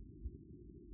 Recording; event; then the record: neck accelerometer signal played as sound; no cough (speech, laughter, throat clearing or background)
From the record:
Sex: male